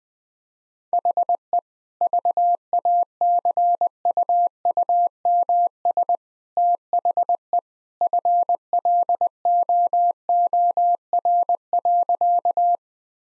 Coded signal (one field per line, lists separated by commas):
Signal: Morse code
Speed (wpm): 20 wpm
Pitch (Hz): 700 Hz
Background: none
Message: HE VACUUMS THE FLOOR.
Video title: Easy Sentences with Hints - 20wpm